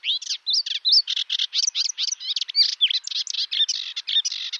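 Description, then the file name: Melodious warbler singing a rapid, varied medley of chirps, slurred whistles and buzzy chatter, notes tumbling over one another without break. "Hypolais polyglotte"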